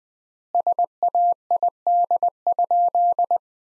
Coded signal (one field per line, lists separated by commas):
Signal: Morse code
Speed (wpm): 20 wpm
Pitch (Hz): 700 Hz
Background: none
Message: SAID?